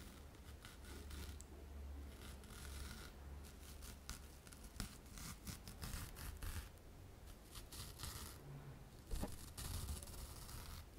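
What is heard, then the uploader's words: Scratching and rubbing on glass, sponge and a purse, with rapid irregular strokes, soft taps, and a steady low hum underneath. ASMR Tapping and Scratching Sounds (Glass, Sponge and Purse).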